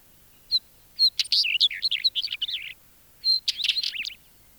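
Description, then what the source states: Northern Wheatear singing two hurried phrases of thin whistles mixed with harsh, rattling chatter, with a short silence between them. Field recording released on cassette in Finland in 1987.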